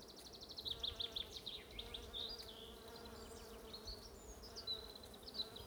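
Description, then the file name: Bees hum in a constant low drone beneath bright, repeated bird chirps and short trilled phrases. "buzzing bees"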